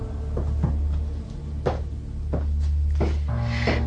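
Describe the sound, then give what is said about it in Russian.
A door being opened: a handful of sharp clicks and wooden knocks, spaced unevenly over about four seconds, above a steady low hum, with no one talking. “Вон его дверь. Проходите, пожалуйста.”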